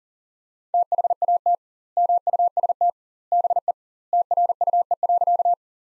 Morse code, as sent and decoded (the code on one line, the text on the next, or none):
- .... .- - / -- ..- ... - / -... . / - .-. ..- . .-.-.-
THAT MUST BE TRUE.